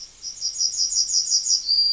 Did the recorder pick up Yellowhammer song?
yes